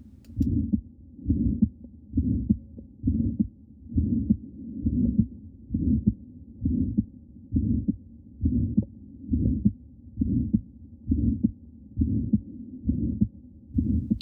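A steady heartbeat at about 67 per minute, each beat carrying a drawn-out, low, rough whooshing sound that swells and fades. This is the crescendo-decrescendo systolic murmur of moderate-to-severe aortic stenosis in a woman of about 30 with a bicuspid aortic valve, heard at Botkin's (Erb's) point.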